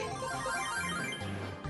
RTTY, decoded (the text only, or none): none